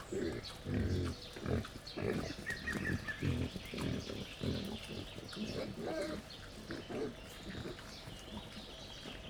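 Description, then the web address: Wild boar grunting in quick, uneven runs of deep pulses, with birdsong faintly in the background. Wild boar at a laid-out feeding table, Jászberény Zoo, 1 May 2015. "allathangok jaszberenyizoo 2015 professzionalis vaddiszno teritettasztal c 05 01"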